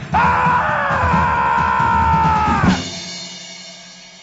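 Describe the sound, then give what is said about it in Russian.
A man lets out one long, sustained scream as he leaps from the end of a ship's yard on the mizzen mast, about 30 feet up, into the sea, loud and steady in pitch for over two seconds, then breaks off abruptly into a fading wash of noise. “На 30-футовой высоте Карачиола встал на конце реи, погрозил негру кулаком, подогнул колени и с воплем кинулся в море.”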